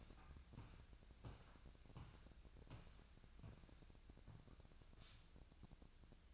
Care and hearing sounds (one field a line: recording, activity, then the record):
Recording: daily activity, microphone in the room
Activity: walk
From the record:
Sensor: 2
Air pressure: 1012.1 hPa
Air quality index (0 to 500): 170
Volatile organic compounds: 2 ppm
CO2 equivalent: 1246 ppm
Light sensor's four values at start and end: 40/108/45/50 and 41/110/46/51